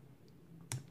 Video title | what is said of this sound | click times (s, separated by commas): GEC / Tidioute #53 Muskrat in Black Cherry Jig Bone - A big chunk of history | blade snap into place open and closed very securely and positively although | 0.7 s